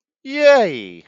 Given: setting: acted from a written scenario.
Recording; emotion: vocal sound without words; elation